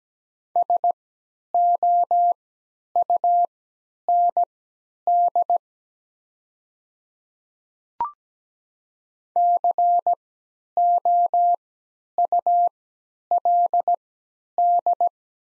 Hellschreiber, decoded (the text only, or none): none